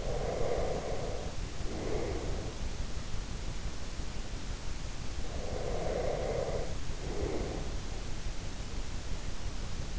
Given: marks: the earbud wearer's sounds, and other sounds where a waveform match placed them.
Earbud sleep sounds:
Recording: sounds in sleep by an in-ear microphone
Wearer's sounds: breath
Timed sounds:
0.00-2.58 s: breath
5.43-7.82 s: breath

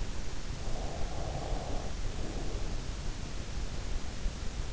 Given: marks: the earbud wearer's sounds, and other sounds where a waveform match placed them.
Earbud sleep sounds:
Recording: sounds in sleep by an in-ear microphone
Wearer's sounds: breath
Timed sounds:
0.29-3.19 s: breath

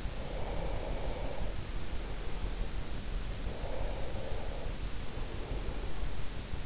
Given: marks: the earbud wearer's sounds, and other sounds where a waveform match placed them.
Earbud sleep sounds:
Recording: sounds in sleep by an in-ear microphone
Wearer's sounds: breath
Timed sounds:
0.09-6.20 s: breath

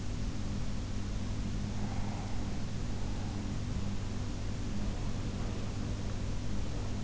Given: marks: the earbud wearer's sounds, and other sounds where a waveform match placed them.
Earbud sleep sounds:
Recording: sounds in sleep by an in-ear microphone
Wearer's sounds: breath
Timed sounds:
1.64-3.75 s: breath

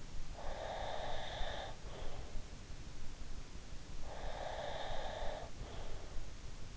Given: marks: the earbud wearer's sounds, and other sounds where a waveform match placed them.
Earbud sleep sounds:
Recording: sounds in sleep by an in-ear microphone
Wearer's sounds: breath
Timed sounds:
0.41-2.24 s: breath
4.05-6.09 s: breath

